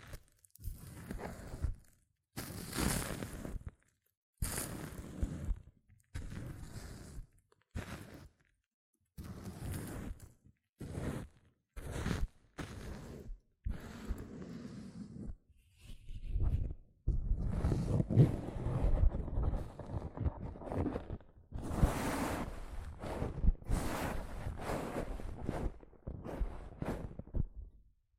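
Hair mousse fizzes and crackles in short bursts, each a dense hiss broken by brief silences, coming every second or so through the first half. From about sixteen seconds the fizzing turns longer and more continuous, a thick crackling rush with only short pauses.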